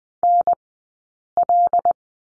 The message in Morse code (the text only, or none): NL